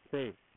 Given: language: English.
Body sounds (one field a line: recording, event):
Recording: throat vibration sensor signal played as sound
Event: speech